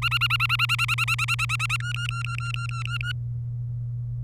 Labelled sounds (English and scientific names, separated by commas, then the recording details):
Domestic Canary (Serinus canaria) song
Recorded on 27 April 2018 at 13:38
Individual llb3